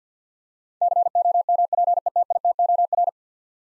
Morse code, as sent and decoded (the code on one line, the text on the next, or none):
-.-. --- -- .--. . - .. - --- .-.
COMPETITOR